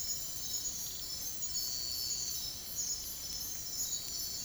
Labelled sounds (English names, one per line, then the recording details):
none
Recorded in dense forest near Puerto Asís, Putumayo, Colombia, on 22 June 2025 at 03:30
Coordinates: 0.503, -76.323
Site G059